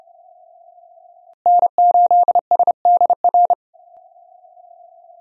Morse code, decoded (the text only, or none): N8SDR